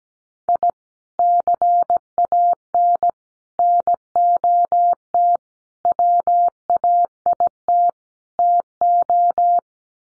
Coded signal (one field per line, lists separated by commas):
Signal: Morse code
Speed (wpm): 17 wpm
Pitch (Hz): 700 Hz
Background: none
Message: I CAN NOT WAIT TO